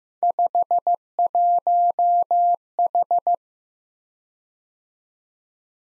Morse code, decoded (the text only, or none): 51H